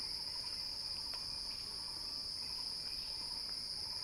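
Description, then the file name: Cicada song, a continuous shrill drone at constant pitch, with a soft repeated lower chirping and a few faint clicks in the background. Recording titled a cicada crescendo. "earth-fm Axel-Drioli Cicada-Crescendo-Sounding-Wild"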